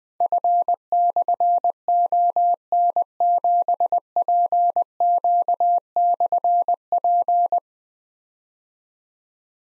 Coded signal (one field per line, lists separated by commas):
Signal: Morse code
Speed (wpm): 20 wpm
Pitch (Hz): 700 Hz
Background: none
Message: F/ON7PQ/P